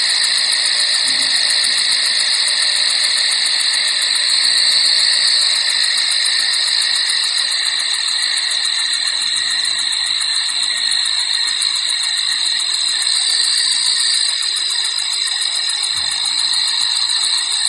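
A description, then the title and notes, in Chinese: Cicadas on a country night keep up a steady, dense buzzing chorus, bright and shrill, with a fine rapid ticking riding high above it. The level barely changes throughout, and the low end stays almost empty apart from a faint soft thump near the end. 乡村夜晚蝉鸣。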